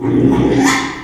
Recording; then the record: squeal of a Yucatan mini pig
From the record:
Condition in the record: after surgery on the right vocal fold (resection and tissue-engineered implant); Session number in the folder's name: 3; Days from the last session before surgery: 33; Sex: male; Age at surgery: 12 weeks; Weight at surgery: 13 kg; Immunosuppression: cyclosporine, prednisolone